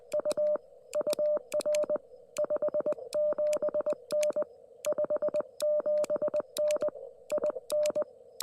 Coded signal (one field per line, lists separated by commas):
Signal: Morse code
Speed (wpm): 20 wpm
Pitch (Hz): 600 Hz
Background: none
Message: U UR 57N 57N IN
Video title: Indiana CW at US-4178 with the QRP Labs QMX and 50W Amp!